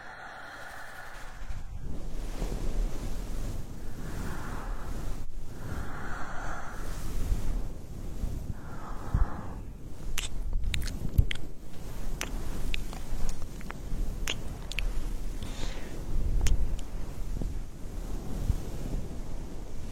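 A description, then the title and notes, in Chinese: Ear massage: after a quieter opening second, a dense, low rubbing rumble runs steadily through the clip. Soft brushing swells rise and fade every few seconds, and from about ten seconds on, sharp little crackles and taps pop up irregularly. 按摩耳朵刺激大脑。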